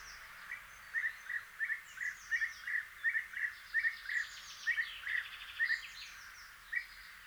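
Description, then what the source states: European bee-eaters giving many short calls in quick succession for about six seconds. Small flock on a migratory stopover in a village in May 2020, after returning from wintering grounds, before settling.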